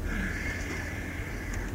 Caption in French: Qu'est-ce que c'est que ce ronflement. Mais plus, un peu plus grave que ça. C'est pas un chuintement. J'ai tendu, sans m'en apercevoir, ce muscle était tendu. Je détends, ah, ça disparaît. Je retends, ah oui, ça apparaît. Il faut vraiment que vous ayez une partie de l'ossature tout près.